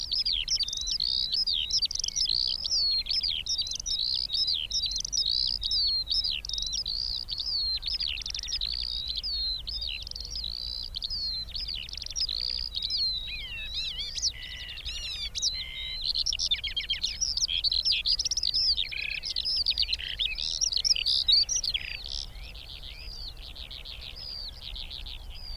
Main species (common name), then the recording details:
Eurasian Skylark. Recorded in the wild. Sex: male. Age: adult. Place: Schönow, Naturpark Barnim, Brandenburg, DE. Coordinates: 52.6864, 13.5158. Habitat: heath. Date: 2005-05-01. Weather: clear, 10°C, no wind. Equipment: Edirol R-4, Sennheiser MKH 70, Windschutz. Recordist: Frommolt, Karl-Heinz